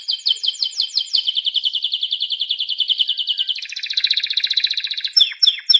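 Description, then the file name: Canary song: fast rhythmic trills that run unbroken, shifting to a different rolling tour midway and ending in a few quick sweeping notes. "chant canari birdsforalldz"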